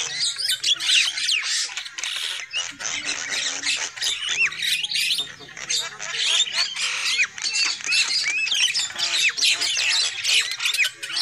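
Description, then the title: Lovebird chatter: shrill squawks and quick upswept chirps in a continuous stream with almost no pauses. Lure call used for trapping lovebirds. "PIKAT BURUNG LOVEBIRD"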